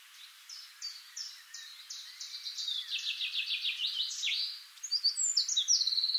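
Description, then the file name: Eurasian wren song: series of high sharp notes speeding into a rattling trill, then more high notes and another fast trill, over soft background hiss. "Troglodytes troglodytes"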